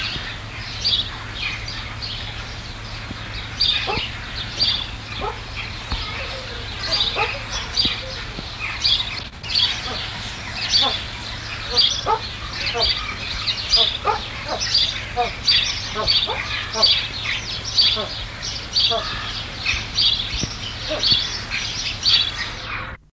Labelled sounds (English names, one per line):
White Eared Pheasant call